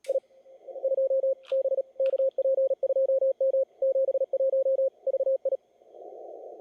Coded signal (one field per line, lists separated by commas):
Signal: Morse code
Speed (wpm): 35 wpm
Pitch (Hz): 530 Hz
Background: radio noise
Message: I 2 B KP2M 71 VI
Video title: NG7M 2020 ARRL Sweepstakes CW Live Operating (Posted October 2021)